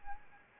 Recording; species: mosquito wingbeat signal from an infrared sensor; Anopheles arabiensis